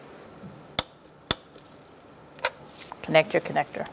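A torque wrench set to 6 ft-lb tightens the ignition coil hold-down bolt in the cylinder head of a 2004–2009 Mazda 3, giving two sharp metallic clicks at 0.8 s and 1.3 s as it reaches the setting. A softer knock follows near 2.5 s, and someone talks toward the end.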